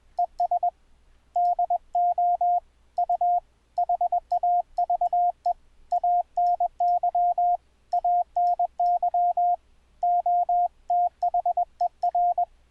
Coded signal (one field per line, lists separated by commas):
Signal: Morse code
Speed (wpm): 20 wpm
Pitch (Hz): 700 Hz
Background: radio noise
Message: ES DO U HAVE ANY ANY OTHER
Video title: iCW - 2012 - How to send morse code over the internet on WINDOWS 7: THE BASIC SETUP